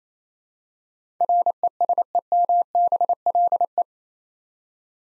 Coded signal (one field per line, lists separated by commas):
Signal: Morse code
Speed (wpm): 28 wpm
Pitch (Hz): 700 Hz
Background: none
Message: RESEMBLE